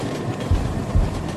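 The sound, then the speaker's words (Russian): A steady low rumble of a moving train heard from inside the train, with two heavy rhythmic clacks of wheels striking rail joints about half a second apart. “Колеса стучат.”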